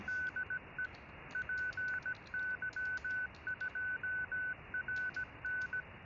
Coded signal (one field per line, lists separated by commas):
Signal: Morse code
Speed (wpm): 17 wpm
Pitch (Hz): 1500 Hz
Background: none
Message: DE PY2RN